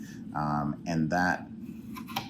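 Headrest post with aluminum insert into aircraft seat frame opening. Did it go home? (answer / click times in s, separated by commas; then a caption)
yes / 2.2 s. A headrest post fitted with a fabricated aluminum insert is pushed down into the headrest opening of an aircraft seat frame while someone talks. About halfway down it meets a curved aluminum piece and snaps into place with a short, sharp click at 2.2 s, locking in hard.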